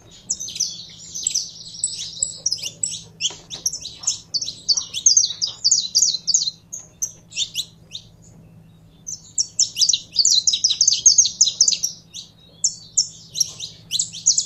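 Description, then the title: Canary pouring out long fast trills of high notes, pausing about a second partway, then resuming equally dense; faint low hum. Song of a purebred Belgian canary. "Canto Do Canário Belga Puro"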